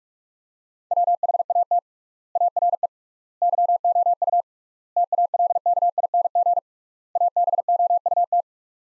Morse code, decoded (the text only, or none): WHAT ARE YOU TALKING ABOUT